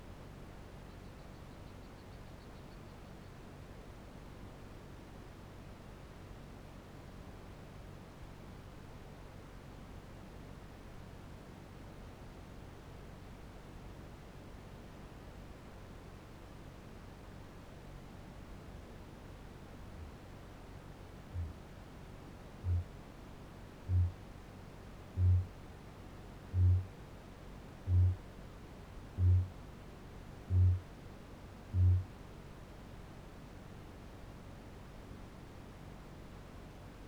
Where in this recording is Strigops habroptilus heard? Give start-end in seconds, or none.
21.10-21.81, 22.27-24.23, 25.06-32.14